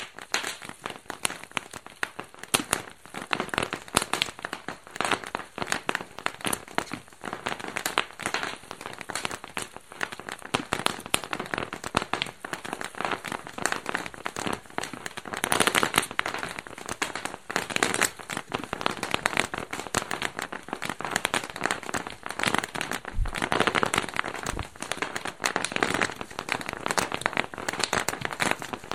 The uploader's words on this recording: Bubble-wrap pop. Bubble wrap popping at Dorchminster Mansion. Recorded by Dan Bodah, October 2008.